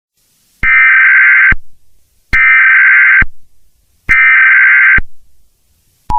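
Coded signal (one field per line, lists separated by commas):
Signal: Emergency Alert System (SAME) tones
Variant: header bursts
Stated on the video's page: Fictional EAS scenario, a made-up alert about a virus outbreak in Hawaii and Pacific territories.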